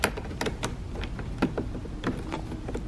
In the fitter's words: and press it in until it snaps into click and now